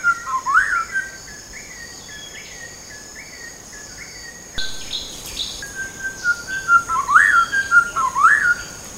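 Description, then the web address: White-rumped shama giving clear whistled phrases of rising and falling notes, loudest at the start and end, over a steady high insect drone. Recorded at Danum on 8 August 2009. "DANUM 20090808. white-rumped shama"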